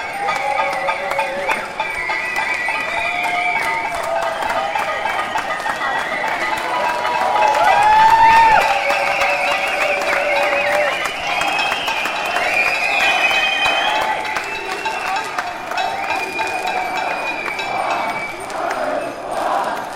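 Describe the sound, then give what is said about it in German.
People on balconies bang pots and pans during a 2017 demonstration against forced evictions at Friedel 54 in Berlin. The sound is a dense, continuous metallic clatter, with rapid irregular clanks layered over crowd noise and shouting, and a brief whistle-like tone rising midway. “Von vielen Balkonen wurden Transparente runtergehängt oder die Leute schepperten mit ihren Töpfen.”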